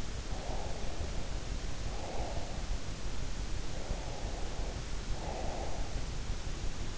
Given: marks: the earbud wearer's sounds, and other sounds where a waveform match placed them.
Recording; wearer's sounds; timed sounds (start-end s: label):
sounds in sleep by an in-ear microphone; breath
0.36-2.75 s: breath
3.79-6.02 s: breath